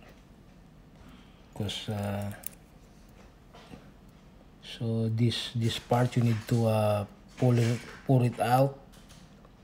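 A coin cell battery is being handled for fitting into a wristwatch movement, where a metal battery clip will hold it. Someone talks, and small handling noises are heard. Nothing has seated or clicked yet.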